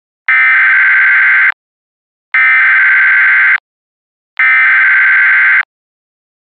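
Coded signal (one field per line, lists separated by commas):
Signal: Emergency Alert System (SAME) tones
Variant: header bursts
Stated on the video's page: Mock EAS alert, made on request.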